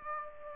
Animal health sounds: mosquito wingbeat signal from an infrared sensor; Aedes aegypti

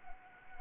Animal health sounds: mosquito wingbeat signal from an infrared sensor; Anopheles arabiensis

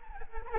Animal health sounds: mosquito wingbeat signal from an infrared sensor; Aedes albopictus

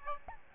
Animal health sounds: mosquito wingbeat signal from an infrared sensor; Aedes albopictus

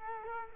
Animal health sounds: mosquito wingbeat signal from an infrared sensor; Culex quinquefasciatus

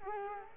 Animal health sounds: mosquito wingbeat signal from an infrared sensor; Culex quinquefasciatus

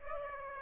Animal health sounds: mosquito wingbeat signal from an infrared sensor; Aedes aegypti

